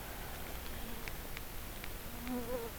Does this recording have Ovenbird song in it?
no